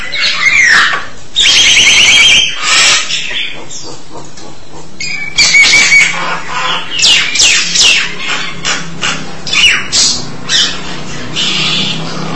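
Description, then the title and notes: Starling song: a rapid, varied jumble of harsh buzzy notes, sharp whistles and sweeping chirps, loud and almost continuous, with a brief lull near four seconds. "suara burung jalak"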